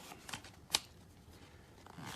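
The second arm of a gray Meta Quest 3 Elite Strap with Battery is lined up with the headset's side mount on the other side and pushed into place. After faint handling rustles and small ticks around 0.3 seconds, a sharp, bright click sounds at 0.7 seconds as the arm seats into the mount, followed by quiet handling noise.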